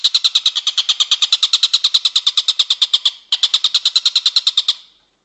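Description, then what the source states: Bird delivering a rapid, even trill of high, dry notes, briefly pausing after three seconds, then resuming before stopping abruptly. Masteran: training songs for cage birds.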